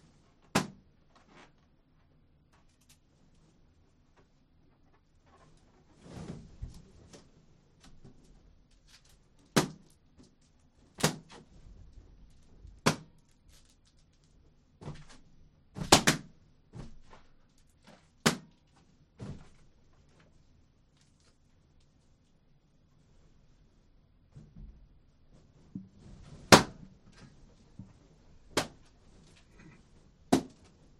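Sharp, sudden pops burst out one at a time, about a dozen across the half minute at uneven intervals, each a bright crack that dies away at once. Between them a low, quiet rumble and a few softer knocks and shuffles fill the gaps.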